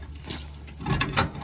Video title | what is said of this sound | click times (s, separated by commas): 2019 Zinger ZR280BH, hitching up, leaving camp and dumping the tanks. | pull on it until it clicks in, and you can see it's not coming out. | 0.3 s, 1.0 s